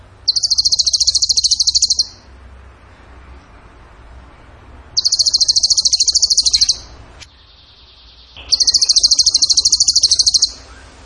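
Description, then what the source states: Bird song: three bursts of high, rapid, rattling trill, each about two seconds, with quiet gaps between. Songbird training audio (masteran) in the tembakan gacor song style.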